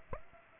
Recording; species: mosquito wingbeat signal from an infrared sensor; Aedes aegypti